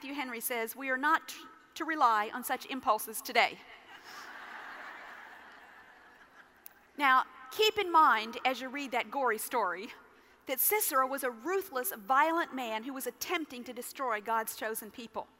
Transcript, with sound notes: Matthew Henry says, “We are not to rely on such impulses today.” (Laughter) Now, keep in mind, as you read that gory story, that Sisera was a ruthless, violent man who was attempting to destroy God’s chosen people.